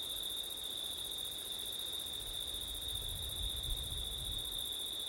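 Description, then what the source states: Crickets trilling in a steady high chorus, one continuous shrill tone with a fainter pulsing band above it, and a soft low rumble of wind late on. Crickets on a windy September night; ortif recording.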